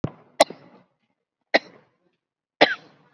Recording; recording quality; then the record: shallow voluntary cough; excellent, no background noise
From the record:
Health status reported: COVID-19 positive, mild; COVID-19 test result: positive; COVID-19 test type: RT-PCR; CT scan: not taken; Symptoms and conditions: hypertension, diabetes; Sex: female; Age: 57 years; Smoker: no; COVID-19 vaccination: none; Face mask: not worn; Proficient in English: no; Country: India